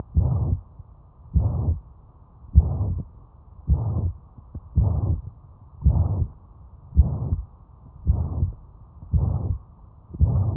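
Ten regular cardiac cycles, about 55 a minute, each carrying a long, even, blowing murmur that fills much of the cycle before a quiet pause. Fits mitral regurgitation: a systolic murmur from blood leaking backward through the mitral valve.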